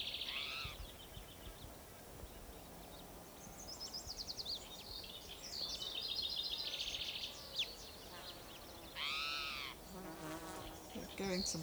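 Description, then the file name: Spotted Towhee cries: a raspy, arched mewing note at the start and another near the end, with assorted chirps and trills between, over constant background hiss. Individual number 7 giving cries; 27 June 2006, Gibson Jack Creek, Bannock County, Idaho. "Cicero 27 Jun 2006 Pmaculatus"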